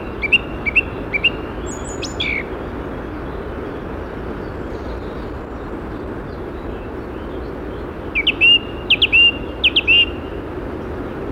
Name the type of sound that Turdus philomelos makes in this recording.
song